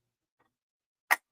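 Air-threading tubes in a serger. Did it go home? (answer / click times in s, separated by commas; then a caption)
yes / 1.1 s. A hand wheel on the side of a serger is turned to engage the air-threading tubes, with only a faint tick near 0.4 seconds before a single sharp, bright click at 1.1 seconds. The click means all the air-threading tubes are engaged and seated.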